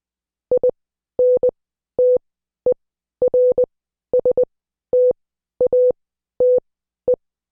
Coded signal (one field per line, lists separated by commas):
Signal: Morse code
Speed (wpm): 20 wpm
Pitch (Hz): 500 Hz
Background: none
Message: INTERSTATE